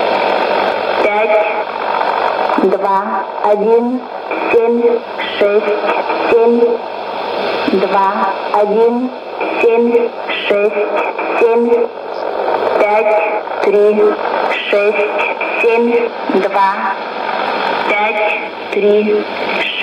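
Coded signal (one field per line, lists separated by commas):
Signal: numbers station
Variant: S06s, Russian female voice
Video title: 16 01 2020 S06s Russian Lady numbers station in Russian to Eu 0944 on 9540 unknown tx site USB+AM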